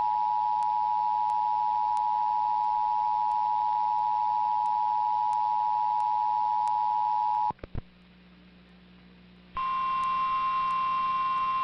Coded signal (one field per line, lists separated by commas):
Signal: Emergency Alert System (SAME) tones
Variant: 853 and 960 Hz attention tone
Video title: Catchup on EAS Alerts EAS 71-76